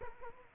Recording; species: mosquito wingbeat signal from an infrared sensor; Culex quinquefasciatus